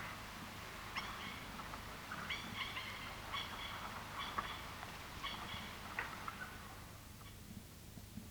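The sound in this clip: Pied kingfisher calls: a rapid, irregular series of sharp, chirping notes, fading out near the end.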